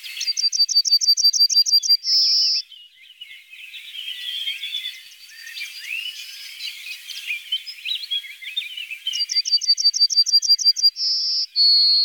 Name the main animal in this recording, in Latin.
Emberiza citrinella